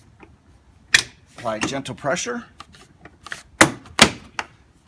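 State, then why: Seated. After its bottom clips are lined up, a plastic front grille is pressed back onto a Jeep's front body with gentle pressure while someone talks. Sharp plastic snaps ring out at 3.6 s and 4.4 s as the grille clips seat home.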